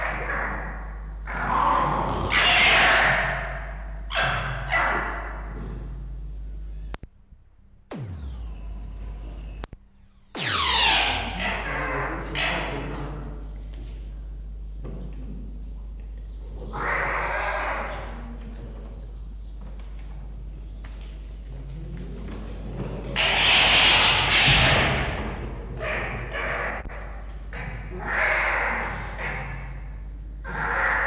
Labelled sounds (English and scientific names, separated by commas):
Red Fox (Vulpes vulpes)